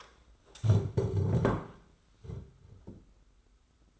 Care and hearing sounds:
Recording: daily activity, microphone in the room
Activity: stand up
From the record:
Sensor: 3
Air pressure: 991.7 hPa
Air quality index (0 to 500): 172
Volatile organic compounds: 1000 ppm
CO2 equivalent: 5696 ppm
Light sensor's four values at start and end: 35/101/41/35 and 36/101/41/35

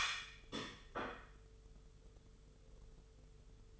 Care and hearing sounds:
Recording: daily activity, microphone in the room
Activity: place plate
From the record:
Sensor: 4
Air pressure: 995.2 hPa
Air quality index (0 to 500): 196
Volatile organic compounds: 132 ppm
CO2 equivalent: 3937 ppm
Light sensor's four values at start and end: 10/25/9/11 and 10/25/9/11

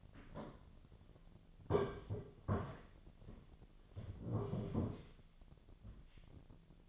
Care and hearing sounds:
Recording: daily activity, microphone in the room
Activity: sit down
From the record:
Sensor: 4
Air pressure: 1009.0 hPa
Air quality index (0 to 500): 170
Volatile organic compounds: 5 ppm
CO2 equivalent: 1705 ppm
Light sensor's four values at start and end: 23/74/28/27 and 24/74/28/27

